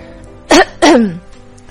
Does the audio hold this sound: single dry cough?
yes